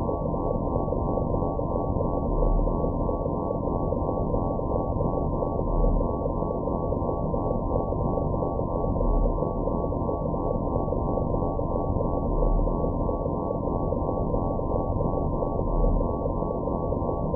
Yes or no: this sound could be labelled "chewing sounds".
no